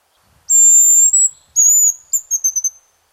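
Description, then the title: Hazel Grouse song of piercing high whistles, a sustained note followed by a lower one and ending in a rapid string of short tinkling notes. "Viikon luontoääni: Pyy"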